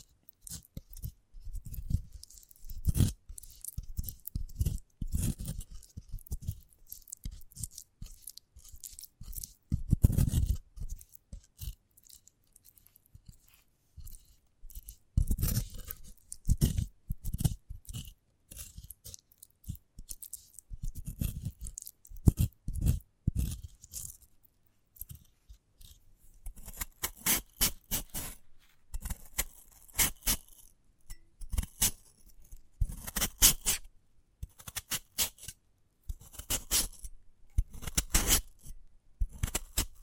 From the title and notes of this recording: ASMR of a Sprouted Coconut (No Talking).